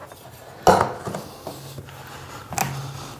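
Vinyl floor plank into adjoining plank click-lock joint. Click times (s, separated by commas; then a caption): 2.6 s. A vinyl floor plank from Costco is worked into the click-lock joint of an adjoining plank with a pry bar, using a scrap piece so the bar does not damage the lock, then checked to make sure the joint is fully in. A sharp knock at about 0.8 s is followed by a few softer taps and scrapes. A crisp click at 2.6 s marks the plank seating fully into the joint.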